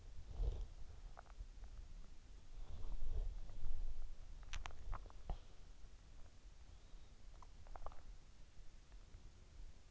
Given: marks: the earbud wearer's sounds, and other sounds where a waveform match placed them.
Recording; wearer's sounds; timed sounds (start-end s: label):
sounds in sleep by an in-ear microphone; body movement, swallowing
0.00-4.02 s: body movement
4.46-5.59 s: swallowing
7.26-8.39 s: swallowing